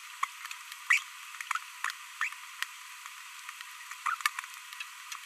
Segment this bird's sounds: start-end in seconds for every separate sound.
0.90-0.99, 2.21-2.28, 4.06-4.14